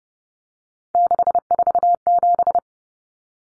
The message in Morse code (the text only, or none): 647